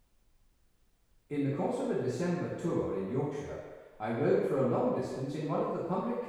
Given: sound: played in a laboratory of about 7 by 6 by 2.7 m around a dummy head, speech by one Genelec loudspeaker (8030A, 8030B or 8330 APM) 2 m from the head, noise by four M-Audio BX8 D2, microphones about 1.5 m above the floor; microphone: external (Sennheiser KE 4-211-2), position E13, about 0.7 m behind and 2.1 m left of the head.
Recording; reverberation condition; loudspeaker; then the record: male speech in English; high; 150 degrees to the left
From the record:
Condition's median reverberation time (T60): about 1300 ms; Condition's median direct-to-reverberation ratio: about -4.0 dB